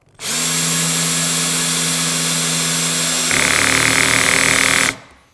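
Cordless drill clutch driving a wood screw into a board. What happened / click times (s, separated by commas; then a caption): The drill clutch slipped and stopped the drive before the screw was flush / 4.2 s, 4.3 s, 4.7 s. A cordless drill with its clutch dial set to 12, halfway on the dial, drives a wood screw into a board, its motor whining steadily from about 0.2 s and turning rougher and louder near 3.3 s. The clutch clicks and slips at 4.2, 4.3 and 4.7 s, stopping the drive just before 5 s. The screw is left not fully seated, with its head not flush.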